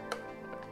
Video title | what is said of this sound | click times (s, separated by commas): KUPAS TUNTAS CARA MERAKIT PC by Boddhi Setyawan - X MIPA 1 - Prakarya - SMA Dharma Putra Tangerang | Nah itu udah berbunyi guys | 0.1 s